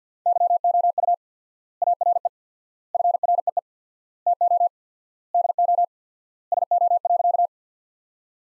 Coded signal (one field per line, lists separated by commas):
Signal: Morse code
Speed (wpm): 50 wpm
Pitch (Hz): 700 Hz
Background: none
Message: YOU ARE FREE TO DO SO.